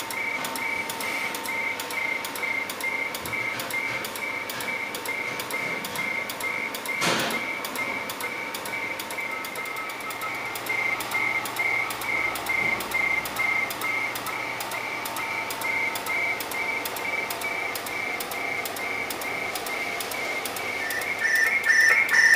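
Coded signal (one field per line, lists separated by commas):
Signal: RTTY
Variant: AMTOR ARQ, 100 baud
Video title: Qso AMTOR ARQ/FEC Selcall IIBE/ISSO I6IBE-IK3SSO 7.040 MHz PK232 Yaesu FT897 - Pratola Peligna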